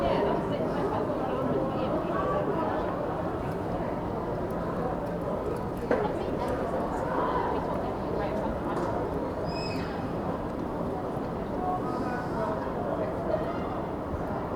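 A busy up-market shopping street full of Christmas shoppers, with a steady, dense wash of many overlapping voices talking at once. The crowd murmur stays even throughout, broken by a sharp knock near six seconds and a few brief higher sounds around ten and twelve seconds.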